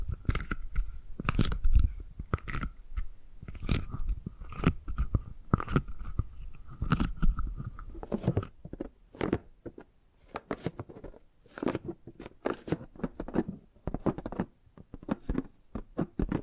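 Tapping and gripping sounds come as a quick, irregular series of sharp clicks and crunchy taps, several per second. For the first eight seconds a steady thin tone hums beneath them, then it stops and the taps continue sparser and crisper over quiet.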